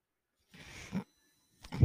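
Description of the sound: A soft, airy whoosh lasts about half a second and ends in a low thud; after a short pause, another begins. These are mechanical air pulses from a home ventilator delivering breaths, heard in the background.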